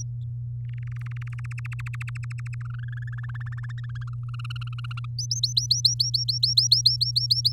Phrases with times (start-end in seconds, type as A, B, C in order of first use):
0.00-0.02 A, 0.69-1.74 B, 1.79-2.55 C, 2.61-3.15 D, 3.18-4.09 E, 4.13-5.05 F, 5.18-7.52 A